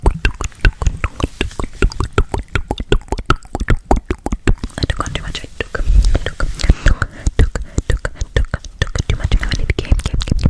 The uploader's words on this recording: ASMR Fast and Aggressive Mouth Sounds w Visuals.